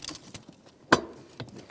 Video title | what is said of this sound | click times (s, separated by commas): How to Replace Blower Motor 2012-2020 Ford Focus | like that make sure it kind of snaps into place | 0.9 s